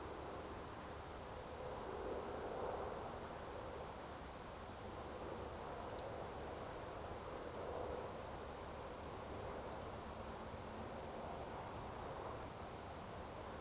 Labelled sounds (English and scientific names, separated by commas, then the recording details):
Eurasian Woodcock (Scolopax rusticola)
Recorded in Baden-Württemberg, Germany, on 30 June 2020 at 20:34 UTC
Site 43791, 788 m above sea level